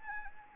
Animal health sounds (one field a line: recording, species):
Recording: mosquito wingbeat signal from an infrared sensor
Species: Anopheles gambiae